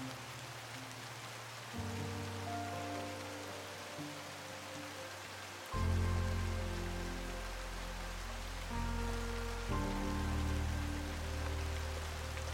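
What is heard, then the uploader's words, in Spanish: Light rain hisses steadily across the whole clip, a dense even patter under soft music. Held low chords change every few seconds, near 2, 6, 9 and 10 seconds, with quiet sustained upper notes drifting above; the music swells slightly louder after the sixth second. Sonido de una LLUVIA Suave y una MELODIA Relajante. Lluvia ligera acompañada de música suave.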